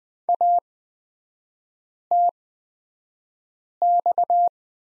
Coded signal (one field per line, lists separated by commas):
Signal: Morse code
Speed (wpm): 20 wpm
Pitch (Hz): 700 Hz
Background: none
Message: ATX